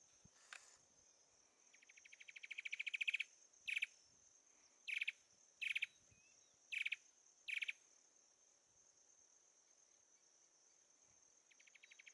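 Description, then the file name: Sincora antwren giving a swelling series of notes, then several short note bursts about once a second, and another series beginning; a constant high insect drone underneath. "canto do papa formiga do sincora"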